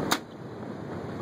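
The door of a Rimage Everest printer is closed into the printer body after the retransfer heat roller release lever has been pushed back until it locks. A single sharp snap at 0.1 s marks the door latching shut, followed by a low steady hum as the printer begins initializing.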